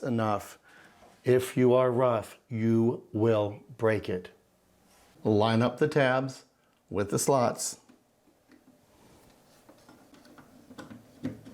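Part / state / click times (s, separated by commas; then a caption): touchscreen display into its mounting bracket on a 3D printer / not seated / none. Someone talks while the plastic tabs of the touchscreen display for a Bambu Lab X1C Combo 3D printer are lined up with the slots of its mounting bracket, before it is pressed home. After the talking stops, only a few faint handling ticks are heard. Nothing has seated or clicked yet.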